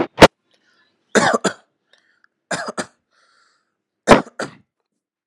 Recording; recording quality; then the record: shallow voluntary cough; excellent, no background noise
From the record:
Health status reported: healthy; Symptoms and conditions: none ticked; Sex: male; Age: 24 years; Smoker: yes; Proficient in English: yes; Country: India